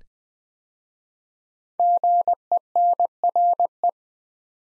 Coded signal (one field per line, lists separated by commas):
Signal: Morse code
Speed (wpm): 21 wpm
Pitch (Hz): 700 Hz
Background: none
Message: GENRE